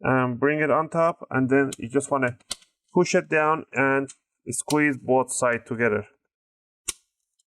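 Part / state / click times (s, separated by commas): plastic top case clips into the laptop bottom chassis / seated / 6.9 s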